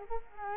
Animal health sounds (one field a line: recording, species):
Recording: mosquito wingbeat signal from an infrared sensor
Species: Culex quinquefasciatus